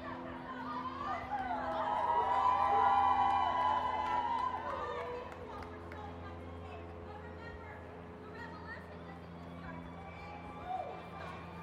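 Women's march crowd with overlapping voices and chatter, a louder swell of shouting around two to four seconds, then steadier murmuring over a low hum.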